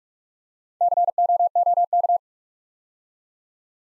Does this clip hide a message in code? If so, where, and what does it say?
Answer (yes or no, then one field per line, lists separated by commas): yes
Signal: Morse code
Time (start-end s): 0.8-2.2 s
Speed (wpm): 44 wpm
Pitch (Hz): 700 Hz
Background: none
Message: COOK